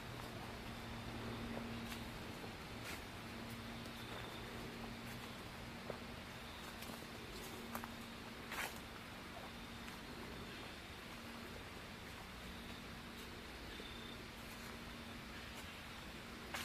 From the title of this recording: Nature Walkabout in Fall